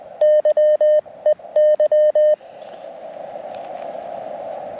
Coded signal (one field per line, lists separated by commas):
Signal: Morse code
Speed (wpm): 20 wpm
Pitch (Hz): 610 Hz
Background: none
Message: YEY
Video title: First Time CQ on CW!